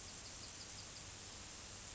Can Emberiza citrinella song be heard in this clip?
no